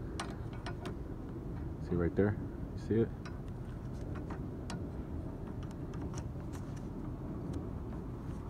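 A wiper blade is handled one-handed and lined up on the hook of a truck wiper arm, well before it is slid forward to seat. Someone talks over a steady background hum, and small contact taps are heard at about 0.2, 0.7, 4.3 and 4.7 seconds. The blade has not seated or clicked yet.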